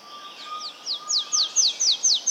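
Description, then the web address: Golden-bellied warbler song: a series of high, quickly descending slurred notes, growing louder and repeated about four times per second. South America. "Natures Songs S America Golden-Bellied Warbler"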